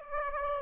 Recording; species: mosquito wingbeat signal from an infrared sensor; Aedes aegypti